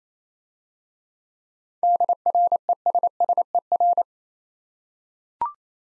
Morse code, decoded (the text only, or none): DRESSER